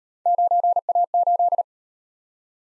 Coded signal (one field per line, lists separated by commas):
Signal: Morse code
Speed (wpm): 38 wpm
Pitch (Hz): 700 Hz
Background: none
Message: 9A8